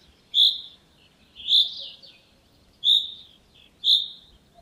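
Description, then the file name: Common chaffinch calling, four loud emphatic notes at roughly one-second intervals, with a faint low whistle in between. "Fringilla coelebs"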